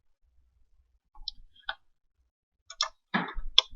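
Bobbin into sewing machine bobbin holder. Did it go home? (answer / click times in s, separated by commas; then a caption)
yes / 3.6 s. A bobbin is pushed into the bobbin holder of a Bernina 830 sewing and embroidery machine being set up for embroidery. Light clicks and small handling ticks are heard from about 1.2 s, followed by a scraping rustle. The bobbin snaps into place with the loudest sharp click at 3.6 s.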